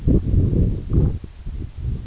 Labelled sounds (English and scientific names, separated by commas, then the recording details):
none
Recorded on Arctic tundra, site EABA-1, on 26 June 2018
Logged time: 08:00